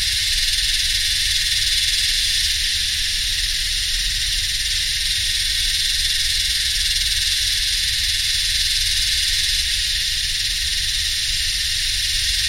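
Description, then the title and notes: Yellowbelly cicada chorus: a continuous, shrill, buzzing drone with no pauses, steady in loudness, with a faint low mechanical hum underneath. Several cicadas singing in the heat, subtropical dry sclerophyll forest and heathland, Royal National Park, New South Wales, Australia, summer, 7 December 2015, humming machines audible alongside. "Yellowbelly (Psaltoda harrisii) singing in the heat along with some humming machines in a mixture of subtropical dry scherlophyll forest and heathland. 7th of December, 2015 (Royal National Park, NSW, Australia.)"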